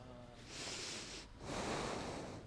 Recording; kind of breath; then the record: one breath in and out by a microphone near the nose and mouth; deep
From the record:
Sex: male